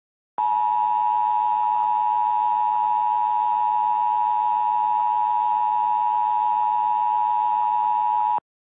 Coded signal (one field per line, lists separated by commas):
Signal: Emergency Alert System (SAME) tones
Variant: 853 and 960 Hz attention tone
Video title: EAS Recreation (6/11/24): Bee Ridge Flash Flood